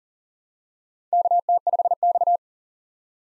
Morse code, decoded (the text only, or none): KT5X